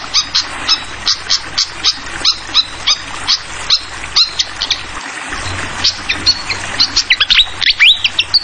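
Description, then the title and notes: Fantail song: a long series of high chips, then a few quick rising whistled slurs near the end, with a steady background of running water. Tutoring (masteran) song for training songbirds, clear voice, mixed with the sound of flowing water. "Masteran Sikatan Kipas Suara Jernih Dan Suara Gemericik Air. Suara Burung Sikatan Londo"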